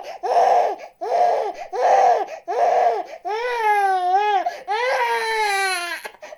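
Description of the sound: A newborn baby cries in four short, rhythmic bursts about a second apart, then breaks into two longer, clear, high-pitched wails that rise and fall. The voice is tonal and strong throughout, with brief catch-breaths between cries.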